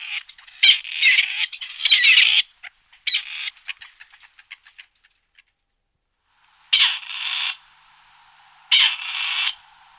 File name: Prostaya fauna Golosa ptic - Kuropatka lat Perdix perdix